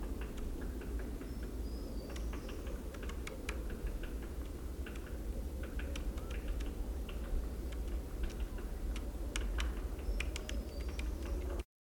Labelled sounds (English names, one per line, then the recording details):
Great Spotted Woodpecker drumming
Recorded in the wild
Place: Groß Nemerow, Mecklenburg-Vorpommern, DE
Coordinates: 53.448, 13.219
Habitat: Forest
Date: 1982-03-23
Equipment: Nagra III BH, Sennheiser MD 21, parabola
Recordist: Schubert, Michael